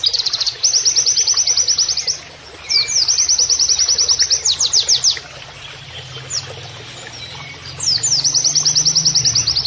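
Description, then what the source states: White-eye song with long, high trills and bursts of sharp sweeping notes, repeated after brief pauses. Training (masteran) recording of a persistently singing (gacor) white-eye (pleci), with canary-like phrases (nembak kenarian).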